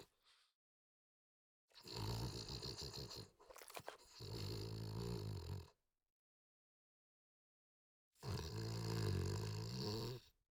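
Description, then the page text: French Bulldog snorting: three rough, rasping snorts of about two seconds each, the first two separated by a brief choppy break and the third after a long silent pause, with a faint brief snuffle at the start. "French Bulldog Snort Long. Quick Sounds"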